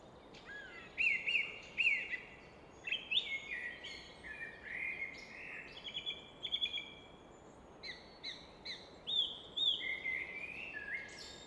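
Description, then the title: Common nightingale delivering rapid, varied song phrases: sharp upslurred notes, trills and whistles almost continuously, over a steady rushing background. Evening in Fläsch, Switzerland; rushing of the Rhine reflected off a rock face in the background; recorded with Fostex FR2 and MKH 800. "Fläsch, Schweiz - Abendstimmung Nachtigall"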